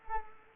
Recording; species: mosquito wingbeat signal from an infrared sensor; Culex quinquefasciatus